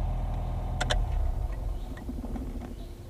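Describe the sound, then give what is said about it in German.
A car's engine rumbles low and steady as the car slows on a country road, signals and rolls slowly to a stop in a parking lot beside an inn, with two quick sharp clicks early on and faint crunching under the tires. “Arbogast nahm den Fuß vom Gas, blinkte und lenkte den Wagen auf den Parkplatz neben einem Gasthaus.”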